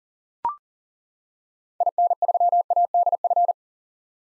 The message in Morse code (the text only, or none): IN3ADF